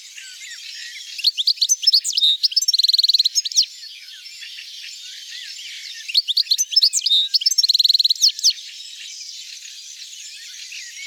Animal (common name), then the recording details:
European Goldfinch. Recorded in the wild. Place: Oberrotweil am Kaiserstuhl, Baden-Württemberg, DE. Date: 1992-06-14. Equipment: Dat-Recorder Casio DA 7, Telinga DAT, Telinga-Parabolspiegel. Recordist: Schwarz, Dieter. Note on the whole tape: Song